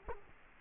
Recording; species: mosquito wingbeat signal from an infrared sensor; Culex quinquefasciatus